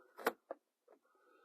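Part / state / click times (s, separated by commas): plastic steering column cover onto column tabs / not seated / none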